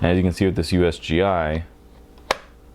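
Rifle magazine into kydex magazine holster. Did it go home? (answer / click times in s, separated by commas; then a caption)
yes / 2.3 s. Someone talks, then a USGI rifle magazine is pushed into a Black Point Tactical LeatherWing kydex/leather magazine holster. It snaps into place with a single sharp click at 2.3 s and sits firmly seated without shaking around.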